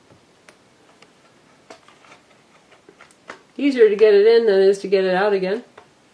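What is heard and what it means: A Kindle Fire HD 7 tablet is handled and squeezed toward a thin, wild pink, molded plastic snap-on protective case. Faint handling ticks are heard at about 0.5, 1.0, 1.7, 3.0 and 3.3 seconds, and then someone talks from about 3.6 to 5.6 seconds. Nothing has seated or clicked into the case yet.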